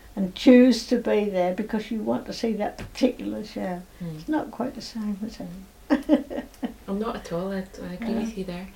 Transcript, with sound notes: And choose to be there because you want to see that particular show.
Mhm.
It's not quite the same is it?
Mhm. [laughs] Not at all. I agree with you there.